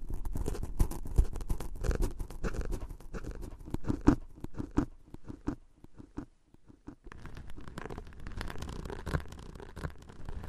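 Tapping and scratching in a dense, uneven run of short dry hits, busiest in the first four seconds. Around five to seven seconds the taps thin out into sparser, separate clicks, then a rougher, continuous scratching texture returns and carries on to the end.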